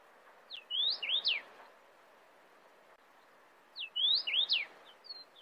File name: tieng chim hong y giao chu don sac